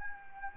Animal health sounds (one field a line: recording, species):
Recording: mosquito wingbeat signal from an infrared sensor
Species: Anopheles gambiae